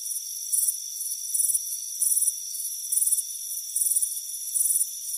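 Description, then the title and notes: Shrill pulsed cricket chirps sound repeatedly against an unbroken high insect drone. Crickets chirping on a front porch on a warm afternoon. "Soothing Crickets Chirping Sound. It's a warm afternoon as you relax in a hammock on the front porch. Relax and fall asleep to the soothing sound of chirping crickets. Deep Sleep Sounds"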